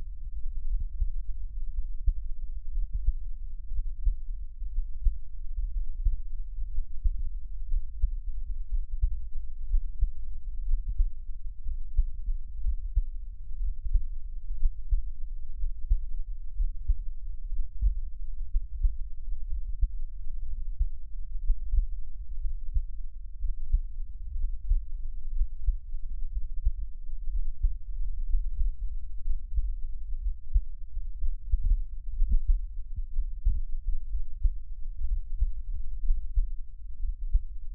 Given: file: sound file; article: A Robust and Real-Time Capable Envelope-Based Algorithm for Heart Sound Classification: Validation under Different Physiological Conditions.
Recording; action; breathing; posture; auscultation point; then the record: heart sounds by electronic stethoscope; rest; deep; sitting; Erb’s point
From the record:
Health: healthy, no known heart disease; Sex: male